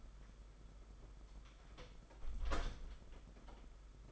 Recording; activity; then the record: daily activity, microphone in the room; close door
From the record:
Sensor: 5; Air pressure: 991.7 hPa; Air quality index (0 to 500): 134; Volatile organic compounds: 82 ppm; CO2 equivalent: 3626 ppm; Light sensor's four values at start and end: 34/112/42/44 and 34/111/42/44